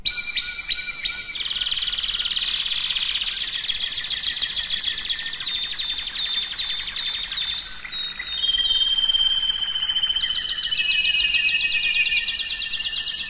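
Canary song: a high, rapid trilled tour of repeated notes, then long buzzy rolls and a clear whistled stretch near the end, sustained throughout.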